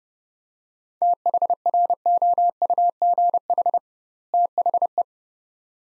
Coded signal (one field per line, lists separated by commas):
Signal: Morse code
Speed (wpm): 29 wpm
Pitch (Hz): 700 Hz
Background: none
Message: THROUGH THE